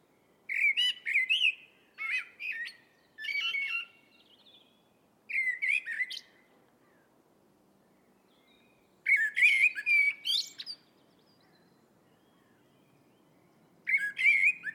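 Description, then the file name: Eurasian blackbird song: several short fluted warbles with thin high squeaks in quick succession, then two more phrases separated by long pauses. "Turdus merula"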